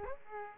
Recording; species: mosquito wingbeat signal from an infrared sensor; Aedes aegypti